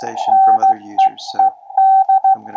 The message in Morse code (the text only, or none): NEED